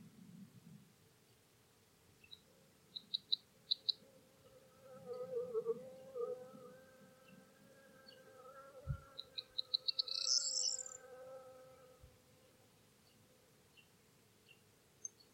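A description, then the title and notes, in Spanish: Corn bunting song and bee-eaters in an open field, with short bright chirps and jangling trills around three to four seconds and again near ten seconds. A steady buzzing hum runs underneath most of the clip, with a few sharp knocks near nine and twelve seconds. Primavera entre campos de cereales. A finales de Abril y con el verde de las primeras espigas de cereal podemos escuchar la alegría de los cantos del escribano triguero, el sisón, los abejarucos...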